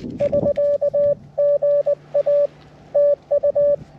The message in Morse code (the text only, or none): <SK>GA TU